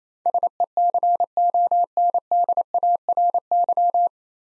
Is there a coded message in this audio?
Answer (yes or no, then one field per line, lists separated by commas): yes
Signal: Morse code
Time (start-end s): 0.3-4.1 s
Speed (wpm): 28 wpm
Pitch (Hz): 700 Hz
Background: none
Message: SECONDARY